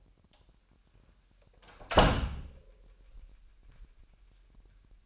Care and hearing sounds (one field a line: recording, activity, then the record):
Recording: daily activity, microphone in the room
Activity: close door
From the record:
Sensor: 2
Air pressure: 998.2 hPa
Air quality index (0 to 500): 143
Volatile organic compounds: 4 ppm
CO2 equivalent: 1620 ppm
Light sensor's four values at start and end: 11/34/13/13 and 11/34/13/13